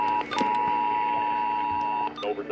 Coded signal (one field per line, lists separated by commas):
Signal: Emergency Alert System (SAME) tones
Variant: 853 and 960 Hz attention tone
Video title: Election Day Massachusetts Required Monthly Test (EAS 1483 - 1503)